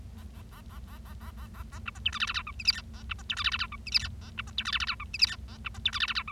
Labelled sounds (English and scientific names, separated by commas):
Bengalese Finch (Lonchura striata domestica) song